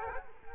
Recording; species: mosquito wingbeat signal from an infrared sensor; Culex quinquefasciatus